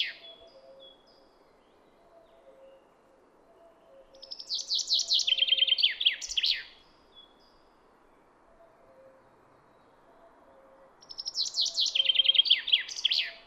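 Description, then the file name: Common chaffinch giving two descending trilled songs with end flourishes, about seven seconds apart, with quiet gaps between. "Fringilla coelebs"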